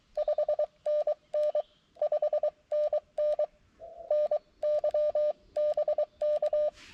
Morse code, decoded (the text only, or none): 5NN 5NN NY BK